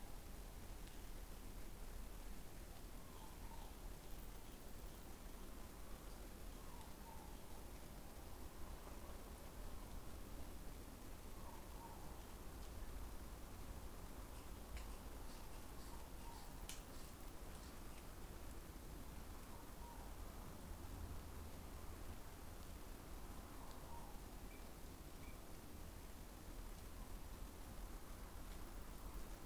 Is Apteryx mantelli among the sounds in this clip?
no